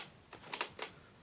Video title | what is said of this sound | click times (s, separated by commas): VAX Air Cordless Lift Upright VacuumOverview/Demo | and then it clicks in place like that | 0.5 s, 0.6 s